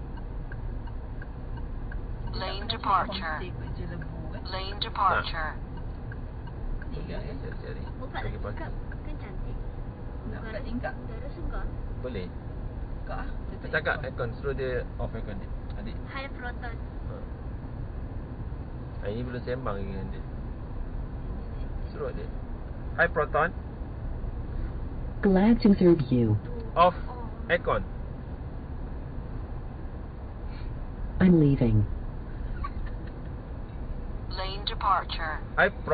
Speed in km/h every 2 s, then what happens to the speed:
52, 53, 56, 58, 60, 63, 65, 65, 69, 69, 69, 72, 71, 70, 68, 69, 68, 67.
0-22 speeds up to 72. 22-36 steady at about 69.